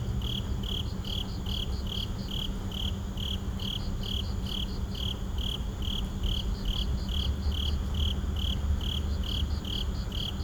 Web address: boom library Urban and Suburban Suburban park night insects